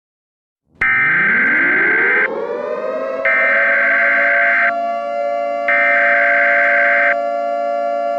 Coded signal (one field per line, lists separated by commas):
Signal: Emergency Alert System (SAME) tones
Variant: header bursts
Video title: EAS Scenario: 2050